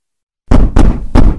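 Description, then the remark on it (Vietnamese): Three heavy, pounding knocks on a door at 2 a.m. land in a steady rhythm after a moment of silence, each one loud and booming with a deep thud. “Mở cửa! Mở cửa ra!”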